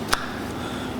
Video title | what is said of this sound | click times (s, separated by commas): 8 in 1 cordless cleaning brush | tooth on each side and there's a hole there and it just snaps into place | 0.1 s